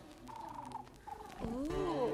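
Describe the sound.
A person imitates a dove cooing, making low, throaty warbling hums that glide up and down in pitch, growing slightly louder toward the end.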